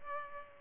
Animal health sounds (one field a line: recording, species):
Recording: mosquito wingbeat signal from an infrared sensor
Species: Culex pipiens